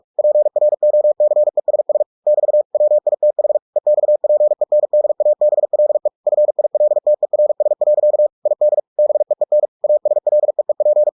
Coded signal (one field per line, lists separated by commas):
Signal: Morse code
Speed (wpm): 46 wpm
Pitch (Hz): 600 Hz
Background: none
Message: PROCESS <BT> WITH EXPENDABLE FILTERS. ID BEEN ASLEEP